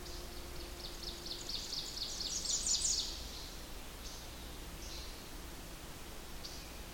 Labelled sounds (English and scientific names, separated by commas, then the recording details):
Ovenbird (Seiurus aurocapilla) song
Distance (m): 80 m
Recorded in boreal forest in Alberta, Canada, on 21 June 2016 at 05:42
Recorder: SongMeter 3, array SBT-6-81
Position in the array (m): 13 m, 88 m
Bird 24